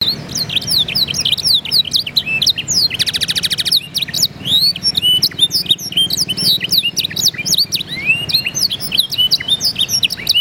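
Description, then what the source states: Green crown song, a rapid, continuous stream of high, sweeping whistles and chirps, with a short buzzy rattle burst near three seconds. Recorded in Purwokerto.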